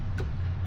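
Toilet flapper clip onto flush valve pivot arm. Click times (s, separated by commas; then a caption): 0.2 s. With its bulb set in the hole of a Gerber GA712029 flush valve and its clip point lined up with the valve's pivot arm, a toilet flapper's plastic/rubber clip is pressed down with both thumbs. It gives a short sharp click at 0.2 s over a steady low hum as it snaps over the arm, and the flapper is seated.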